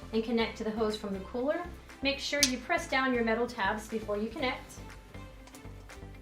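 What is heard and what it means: Someone talks while the hose from a Breg Polar Care Cube large rectangle cold therapy pad is readied to connect to the hose from the cooler, with the metal release tabs pressed down on the quick-connect coupling. Brief soft handling sounds occur around 5.1 to 5.6 seconds. Nothing has seated or clicked yet.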